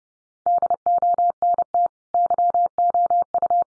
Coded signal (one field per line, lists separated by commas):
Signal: Morse code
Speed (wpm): 30 wpm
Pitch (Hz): 700 Hz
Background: none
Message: DONT YOU